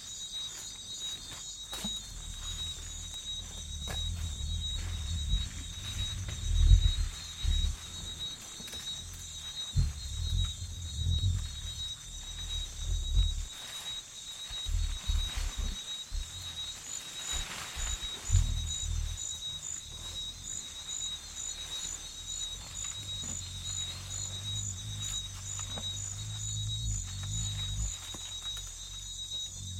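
Rainforest insects trill without pause in the Congo Basin, two high, steady bands of buzzing, the upper one pulsing in fast regular beats. Low rumbling thumps come and go underneath, strongest around seconds 5–8, 11–13 and 16–19, with soft ticks scattered throughout.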